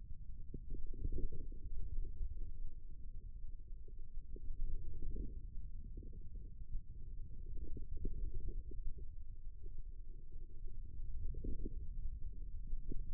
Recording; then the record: forearm muscle sounds (acoustic myography)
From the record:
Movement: ulnar deviation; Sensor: system 2, bracelet of six BSWA MPA416 microphones around the upper forearm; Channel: 3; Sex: female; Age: 25 years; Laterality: right